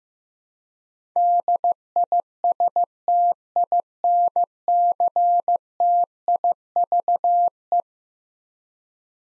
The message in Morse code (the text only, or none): DISTINCTIVE